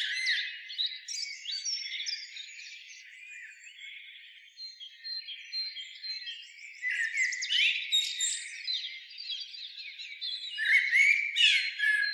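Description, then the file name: Eurasian blackbird delivering scratchy, twittering phrases that swell toward the end, mixing harsh rasps with short high squeaks. "Turdus merula"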